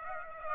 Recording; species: mosquito wingbeat signal from an infrared sensor; Aedes aegypti